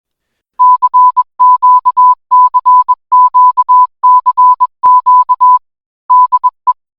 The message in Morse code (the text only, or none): CQCQCQ DE